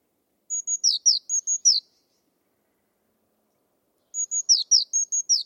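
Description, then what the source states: Bird song: high, sharp chirping phrases of about seven notes, two phrases roughly three and a half seconds apart, quiet in between. Bird-only audio from a 2025 bird dataset.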